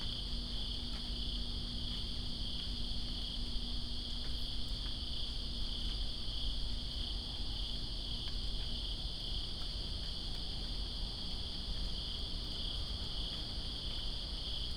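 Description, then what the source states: Crickets trill nonstop in a high-pitched chorus, accompanied by steady rain noise and intermittent dripping clicks. Crickets calling during rain in Greensboro on 2 September 2017.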